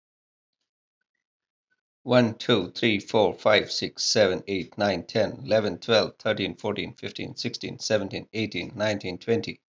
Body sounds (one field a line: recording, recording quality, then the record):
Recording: counting at a fast pace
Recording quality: excellent, no background noise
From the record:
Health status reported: healthy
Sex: male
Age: 54 years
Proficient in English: yes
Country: India